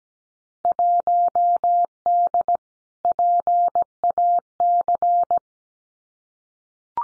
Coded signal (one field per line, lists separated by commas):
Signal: Morse code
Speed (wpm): 17 wpm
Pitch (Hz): 700 Hz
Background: none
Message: 1D PAC